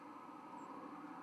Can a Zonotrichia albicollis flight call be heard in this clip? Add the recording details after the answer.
no. Another species' flight call is heard. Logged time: 10:48 on 31 October 2014